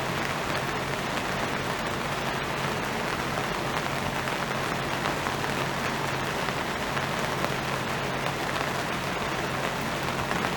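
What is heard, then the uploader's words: Rain falls steadily in a dense, even hiss that stays at a constant level throughout, with patter spread across the highs. Underneath runs a low, steady hum that holds through most of the clip, briefly dropping out around the seventh second. The lighthouse and it's raining.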